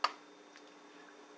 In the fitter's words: It doesn't hold very well, but it does kind of snap into place.